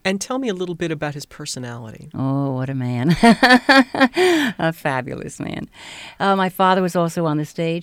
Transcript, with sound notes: And tell me a little bit about his personality.
Oh, what a man. ( she laughs ) A fabulous man. My father was also on the stage.